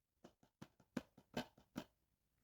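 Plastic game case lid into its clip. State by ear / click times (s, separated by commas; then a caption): partly seated / 1.0 s. A plastic video game case with a chipped side is being closed, its lid pressed into its clips, producing a series of short plastic taps and clicks. The bottom clip snaps shut with a sharp click at 0.97 s, but the damaged side clip will not snap.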